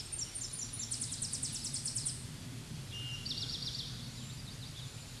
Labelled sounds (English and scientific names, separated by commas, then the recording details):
Eastern Towhee (Pipilo erythrophthalmus) song
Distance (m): 35 m
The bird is about 5 m above the microphone
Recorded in a Pennsylvania forest on 16 May 2024 at 07:37
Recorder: AudioMoth, point MSD-1418
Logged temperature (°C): 16.4 °C
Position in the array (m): 181 m, 181 m